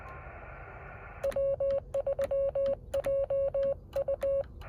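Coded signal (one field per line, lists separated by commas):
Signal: Morse code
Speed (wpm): 20 wpm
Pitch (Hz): 550 Hz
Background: radio noise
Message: W3JU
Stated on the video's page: Morse code POTA park activation attempt with a Yaesu 817.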